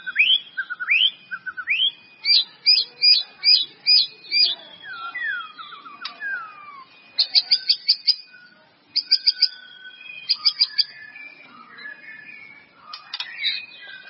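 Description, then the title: White-rumped Shama song: rich whistled phrases mixing sliding notes and quick repeated high chips, delivered in varied bursts with short pauses. "murai batu"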